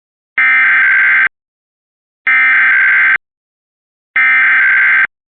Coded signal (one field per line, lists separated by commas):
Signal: Emergency Alert System (SAME) tones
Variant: header bursts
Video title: Louisiana Required Monthly Test 7/19/24 EAS #23